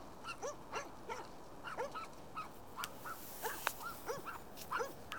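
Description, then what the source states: Dogs giving rapid high yelping barks in quick succession, some overlapping, with a brief rushing noise partway through and steady hiss behind. More than one dog barking.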